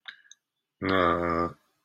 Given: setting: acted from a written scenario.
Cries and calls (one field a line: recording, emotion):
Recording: vocal sound without words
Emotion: neutral